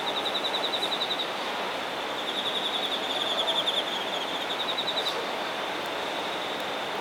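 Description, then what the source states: Insect trill comes and goes in short phrases, fast high pulses with gaps, over steady background hiss. Singing insects recorded in Shinagawa, Japan.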